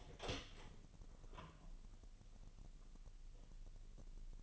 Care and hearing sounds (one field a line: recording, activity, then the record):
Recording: daily activity, microphone in the room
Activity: open door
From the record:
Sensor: 4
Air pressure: 1002.0 hPa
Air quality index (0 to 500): 247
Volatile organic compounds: 40 ppm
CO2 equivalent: 3152 ppm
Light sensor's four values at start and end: 9/21/8/8 and 9/20/8/7